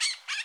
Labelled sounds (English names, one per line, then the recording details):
Brown-throated Parakeet contact call
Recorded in Bonaire
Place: just S of turnoff to Cai, near Lac Bay
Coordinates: 12.126, -68.239